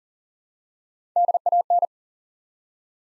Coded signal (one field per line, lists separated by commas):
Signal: Morse code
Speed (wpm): 40 wpm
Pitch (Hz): 700 Hz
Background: none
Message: DAN